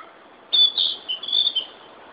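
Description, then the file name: Narcissus flycatcher singing a short phrase of high, clear whistles that waver and slur together for about a second. "Ficedula narcissina"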